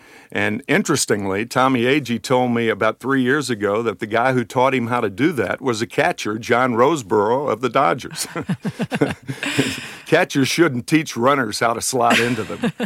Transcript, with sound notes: And interestingly, Tommy Agee told me about three years ago that the guy who taught him how to do that was a catcher, John Roseboro of the Dodgers.
(LAUGHTER)
Catchers shouldn't teach runners how to slide into them.